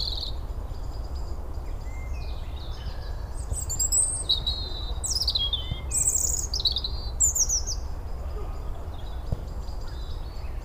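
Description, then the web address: European robin song: a string of high, thin, rapidly changing whistled and twittering phrases, then a quieter spell, set against a constant low background rumble. "SETE data Erithacus rubecula"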